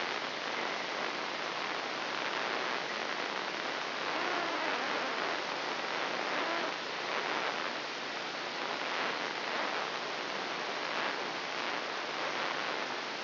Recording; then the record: brain microelectrode recording played as sound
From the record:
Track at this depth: inside the subthalamic nucleus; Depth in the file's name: 2.709 mm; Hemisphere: left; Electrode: 3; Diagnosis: Parkinson's disease